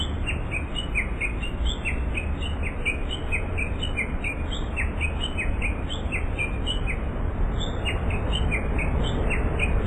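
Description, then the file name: Japanese bush warbler uttering a long rapid series of brief falling chirps, slightly irregular in spacing, continuing throughout over a low steady hum. "uguisu"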